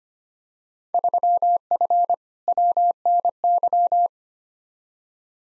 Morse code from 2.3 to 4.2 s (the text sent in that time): WNY